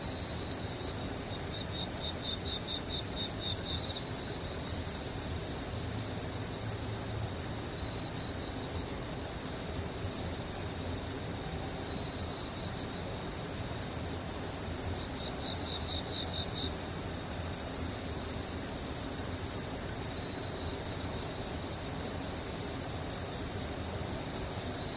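Insects chirr without pause, a dense, high trilling that pulses in fast, regular beats from start to finish. A faint, thin buzz sits above it, and a soft low rumble runs underneath, with the level staying even throughout.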